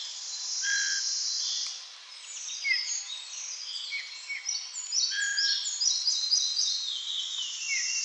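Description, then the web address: Bird song, a busy run of high sliding whistles and short notes in quick succession, with a few lower whistled notes over a steady hiss. "birdsounds GIL"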